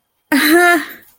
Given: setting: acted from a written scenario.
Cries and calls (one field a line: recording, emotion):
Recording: vocal sound without words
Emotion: adoration